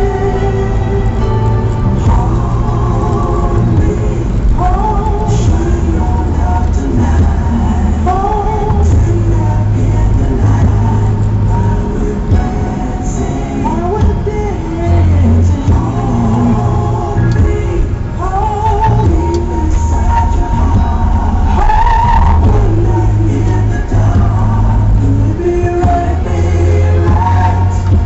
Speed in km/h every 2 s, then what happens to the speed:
60, 61, 60, 58, 55, 54, 51, 44, 32, 26, 24, 28, 37, 45.
0-5 steady at about 60. 5-17 slows to 26. 21-28 speeds up to 45.